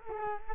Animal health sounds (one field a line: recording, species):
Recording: mosquito wingbeat signal from an infrared sensor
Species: Culex quinquefasciatus